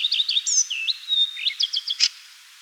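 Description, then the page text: Common redstart singing: rapid twittering notes, a sweeping whistle and a long steady tone, then a jumbled flourish ending in a sharp click. "Common Redstart Song. Quick Sounds"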